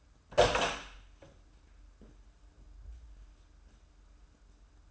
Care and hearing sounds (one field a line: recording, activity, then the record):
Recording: daily activity, microphone in the room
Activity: open door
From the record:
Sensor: 2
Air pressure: 994.2 hPa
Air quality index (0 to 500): 205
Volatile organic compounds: 1000 ppm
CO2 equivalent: 6803 ppm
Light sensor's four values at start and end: 83/193/81/81 and 83/194/81/82